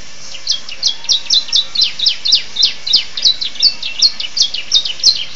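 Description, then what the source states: Atlantic canary song: a steady series of high, sharp notes, each a quick downward flick, repeated rapidly. Canary singing in the style of the bar-winged prinia ('rasa ciblek').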